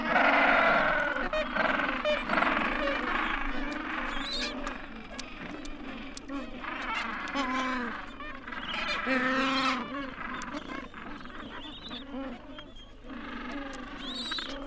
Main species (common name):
Gentoo Penguin